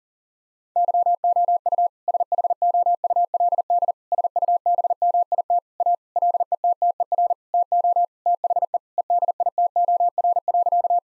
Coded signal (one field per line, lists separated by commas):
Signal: Morse code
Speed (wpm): 40 wpm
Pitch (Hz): 700 Hz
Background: none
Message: YOU SHOULD SUBMIT A LETTER TO THE EDITOR.